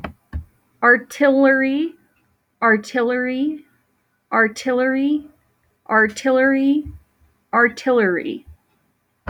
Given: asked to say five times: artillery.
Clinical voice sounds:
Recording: repeated word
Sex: female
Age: 20 to 29 years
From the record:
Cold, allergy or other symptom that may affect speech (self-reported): no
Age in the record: 29 years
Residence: Colorado, United States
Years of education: 19

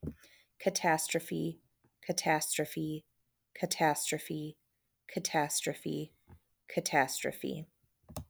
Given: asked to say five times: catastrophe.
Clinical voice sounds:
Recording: repeated word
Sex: female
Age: 30 to 39 years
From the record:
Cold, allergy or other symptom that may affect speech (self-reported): no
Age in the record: 34 years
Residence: Ohio, United States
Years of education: 20

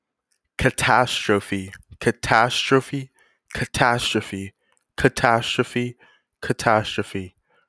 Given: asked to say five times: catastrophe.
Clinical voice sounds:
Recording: repeated word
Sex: male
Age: 20 to 29 years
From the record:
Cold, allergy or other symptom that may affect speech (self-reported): no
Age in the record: 21 years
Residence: Texas, United States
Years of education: 15

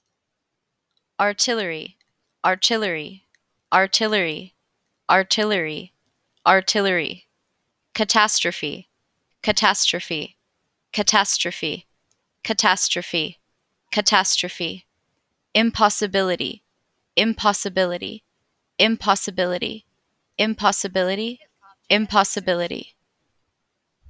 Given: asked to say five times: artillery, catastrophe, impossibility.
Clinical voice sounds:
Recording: three words, each repeated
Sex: female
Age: 30 to 39 years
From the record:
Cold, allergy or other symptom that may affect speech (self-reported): no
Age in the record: 32 years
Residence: Massachusetts, United States

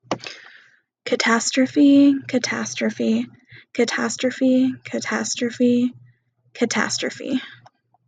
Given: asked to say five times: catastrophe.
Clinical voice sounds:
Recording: repeated word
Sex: female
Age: 20 to 29 years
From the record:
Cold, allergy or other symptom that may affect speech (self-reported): yes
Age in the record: 29 years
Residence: Colorado, United States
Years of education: 12

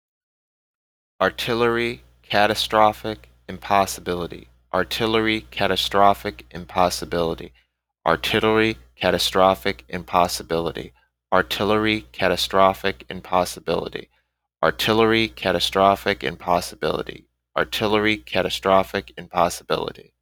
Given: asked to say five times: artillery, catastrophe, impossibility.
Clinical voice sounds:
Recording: three words, each repeated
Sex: male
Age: 30 to 39 years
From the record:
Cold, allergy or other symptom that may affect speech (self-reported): no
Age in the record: 34 years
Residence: Virginia, United States

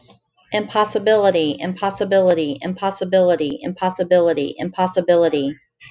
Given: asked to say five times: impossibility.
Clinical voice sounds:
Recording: repeated word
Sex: female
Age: 40 to 49 years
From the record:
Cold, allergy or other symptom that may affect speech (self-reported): no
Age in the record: 47 years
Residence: Indiana, United States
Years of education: 16

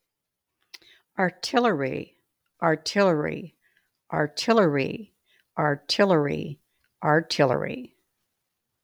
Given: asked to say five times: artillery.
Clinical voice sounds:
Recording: repeated word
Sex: female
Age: 70 to 79 years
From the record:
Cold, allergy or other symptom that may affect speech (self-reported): no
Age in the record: 77 years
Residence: South Carolina, United States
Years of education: 14

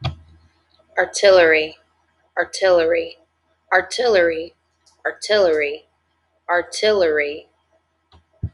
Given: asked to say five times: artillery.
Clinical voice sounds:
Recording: repeated word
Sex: female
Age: 20 to 29 years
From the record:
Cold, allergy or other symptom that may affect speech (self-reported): no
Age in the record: 29 years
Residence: Florida, United States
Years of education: 13

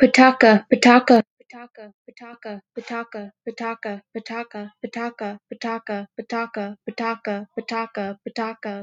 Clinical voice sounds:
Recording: repeated syllables /pa ta ka/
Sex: male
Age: 20 to 29 years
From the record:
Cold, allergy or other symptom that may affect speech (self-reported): no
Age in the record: 21 years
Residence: Indiana, United States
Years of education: 13

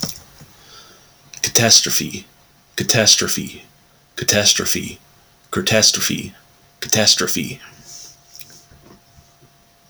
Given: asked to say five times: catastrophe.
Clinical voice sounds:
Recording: repeated word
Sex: male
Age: 30 to 39 years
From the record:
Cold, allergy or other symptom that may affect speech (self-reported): no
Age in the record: 35 years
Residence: Kentucky, United States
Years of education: 14

